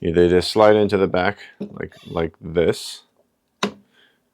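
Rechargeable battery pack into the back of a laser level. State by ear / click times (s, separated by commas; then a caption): seated / 3.6 s. Someone talks as a plastic, rechargeable battery pack is slid into the back of an Alloyman 360 Degree Laser Level. A single sharp click is heard at 3.6 s as the pack latches and seats in the tool.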